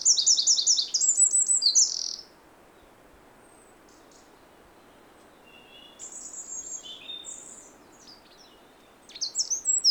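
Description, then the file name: Eurasian wren song: a loud, very high, rapid trilled burst for two seconds, then softer twittering phrases midway and another sharp trill near the end. "Troglodytes troglodytes"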